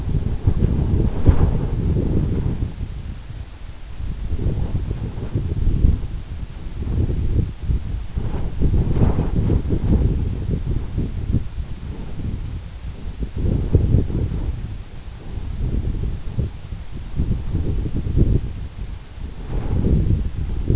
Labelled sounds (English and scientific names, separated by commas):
none